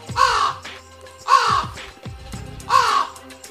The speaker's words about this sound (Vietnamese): Con quả đen đậu trong bụi cây phát ra tiếng kêu khó nghe như đang dự báo cho điều chẳng lành.